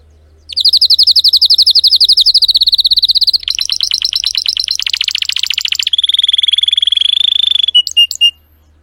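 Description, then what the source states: Canary (Spanish Timbrado): canary song: a loud, fast rolling trill shifting into harsher rattled notes, then a smooth whistled tone and a few sharp closing chirps. Belgian canary, Spanish Timbrado breed, singing.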